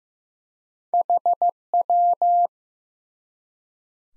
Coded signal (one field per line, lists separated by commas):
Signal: Morse code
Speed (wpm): 15 wpm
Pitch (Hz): 700 Hz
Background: none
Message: HW